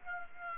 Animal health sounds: mosquito wingbeat signal from an infrared sensor; Aedes aegypti

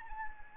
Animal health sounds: mosquito wingbeat signal from an infrared sensor; Anopheles arabiensis

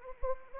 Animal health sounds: mosquito wingbeat signal from an infrared sensor; Anopheles arabiensis

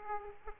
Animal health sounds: mosquito wingbeat signal from an infrared sensor; Aedes aegypti

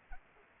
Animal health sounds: mosquito wingbeat signal from an infrared sensor; Anopheles arabiensis

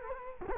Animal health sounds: mosquito wingbeat signal from an infrared sensor; Culex quinquefasciatus

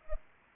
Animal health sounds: mosquito wingbeat signal from an infrared sensor; Anopheles arabiensis

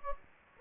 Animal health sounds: mosquito wingbeat signal from an infrared sensor; Anopheles gambiae

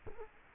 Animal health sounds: mosquito wingbeat signal from an infrared sensor; Culex quinquefasciatus

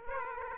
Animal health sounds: mosquito wingbeat signal from an infrared sensor; Aedes aegypti

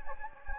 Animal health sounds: mosquito wingbeat signal from an infrared sensor; Anopheles gambiae

